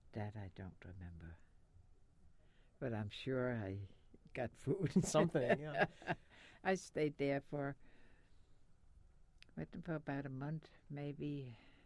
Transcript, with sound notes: That I don't remember, but I'm sure I got food.
Something, yeah. (they laugh)
I stayed there for I think about a month, maybe.